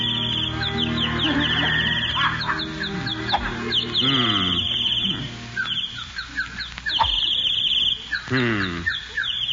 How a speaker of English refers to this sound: Darn those birds. I wish they'd stop singing. They're throwing me off my game. Maybe they don't know you're playing for money.